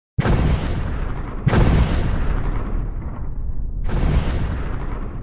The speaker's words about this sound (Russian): Неимоверно громко разрывались фугасные заряды. Железные шарики, которыми были набиты бочки с порохом, разлетались во все стороны.